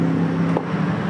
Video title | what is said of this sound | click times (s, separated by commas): Kenapa gak dari dulu. penyebab ecu matian. part ini penyebabnya. owner sudah habis jutaan rupiah | Sampai bunyi klik kemudian kita akan kontak | 0.6 s